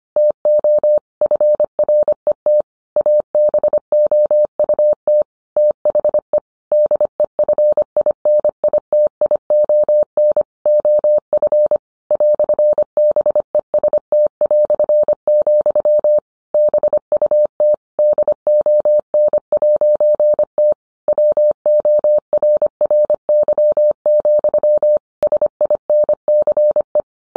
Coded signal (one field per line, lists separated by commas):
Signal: Morse code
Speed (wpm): 25 wpm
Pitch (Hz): 600 Hz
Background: none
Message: TO FRET ABOUT THE DEFINITION OF "BEST", BUT DON'T WORRY, SINCE